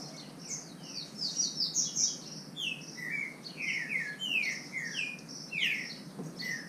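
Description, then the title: Green-winged saltator song: soft high notes, then a quick series of slurred, falling whistles over a constant background hiss. Bird named Nicão, in the bush, competing in song with a free-living bird. "Trinca Ferro NICÃ O No Mato Disputando Com Solto"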